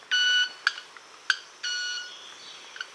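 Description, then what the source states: White-winged manakin wing sounds, two pure ringing tones with sharp clicks between them. Courtship sound made by rubbing the wings together, a stridulation that is very rare in birds; a very pure sound used to attract a mate, not song.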